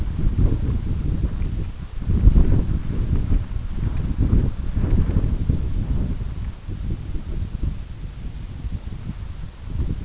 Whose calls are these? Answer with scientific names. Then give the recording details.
none. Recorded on Arctic tundra, site UTQI-5, on 25 June 2018. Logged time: 18:00